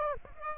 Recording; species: mosquito wingbeat signal from an infrared sensor; Aedes aegypti